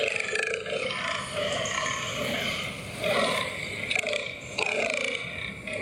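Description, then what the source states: Fallow deer giving rough, burp-like groans, low grunting bursts in an uneven series against steady hiss. Rutting groans from a smartphone recording, played back; the sound is likened to burping.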